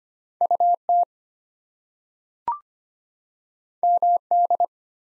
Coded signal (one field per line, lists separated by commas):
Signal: Morse code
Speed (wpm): 25 wpm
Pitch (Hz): 700 Hz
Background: none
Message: UT MD